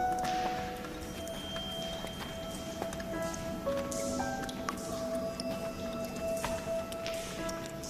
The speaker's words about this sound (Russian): Ребята заходят в пещеру. С потолка сочится вода.